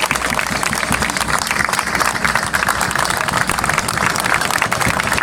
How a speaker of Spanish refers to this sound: quisiera que entre todos brindemos un cálido sentido homenaje y solidaridad con la familia del trabajador asesinado, compañero de la UTA, con un fuerte aplauso.